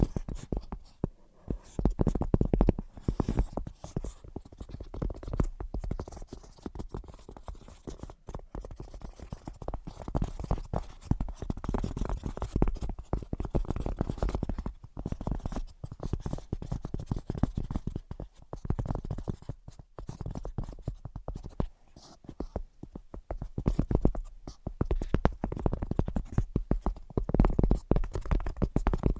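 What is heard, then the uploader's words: Dense, continuous tapping runs for the whole half minute, a rapid patter of soft, low-pitched taps with a scratchy edge. The rhythm is busy and irregular, with brief dips and short gaps near 2, 8, 15 and 20 seconds before it picks up again. ASMR Brain Penetrating 3D Tapping (No Talking).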